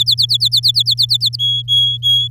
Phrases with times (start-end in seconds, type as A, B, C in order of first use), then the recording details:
0.00-1.36 A, 1.39-2.28 B. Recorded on 10 May 2018 at 17:28. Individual llb16